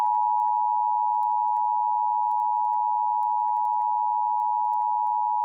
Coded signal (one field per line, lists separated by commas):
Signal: Emergency Alert System (SAME) tones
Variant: 853 and 960 Hz attention tone